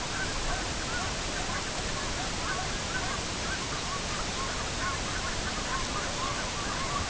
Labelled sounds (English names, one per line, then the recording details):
unidentified sound
Sabine's Gull
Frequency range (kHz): Sabine's Gull 3.0-4.8 kHz
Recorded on Arctic tundra, site EABA-MC, on 22 June 2019
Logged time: 08:00